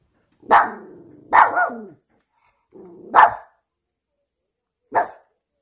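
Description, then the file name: Dog giving four barks: two close together, then one after a gap, with a low growl running under the first ones, then a last short bark. Cute dog barking. "Tieng cho sua de thuong dang yeu"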